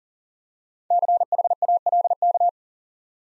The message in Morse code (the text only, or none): CHALK